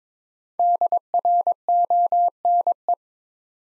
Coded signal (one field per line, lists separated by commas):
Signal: Morse code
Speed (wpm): 22 wpm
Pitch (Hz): 700 Hz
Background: none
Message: DRONE